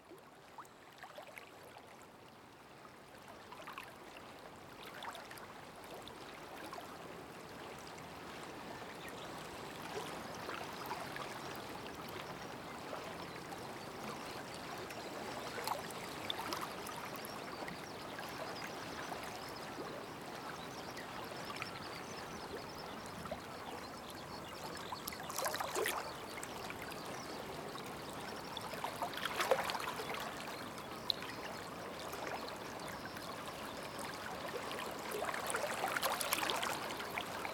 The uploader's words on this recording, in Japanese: 今朝の多摩川の流れる音。水面に近づいて流れる音を収録しました。